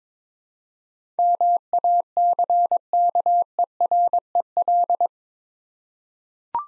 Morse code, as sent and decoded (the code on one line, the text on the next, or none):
-- .- -.-. -.- . .-. . .-..
MACKEREL